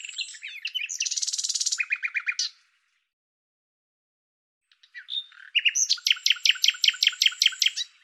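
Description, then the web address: Bird singing a varied phrase of chirps and a dense buzzy trill, then silence for about two seconds, followed by a fast, evenly repeated series of sharp notes. "Deverinetal 2025"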